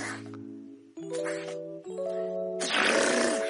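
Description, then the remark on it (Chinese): A voice, a learner who has just learned it after practice, attempts a rolled tongue trill in several back-to-back tries, starting as buzzy, droning tones and ending in a louder, rougher rattling burr; the trill is made against the upper palate. “会打蛇了， 可是我的蛇怎么打那么上面啊？”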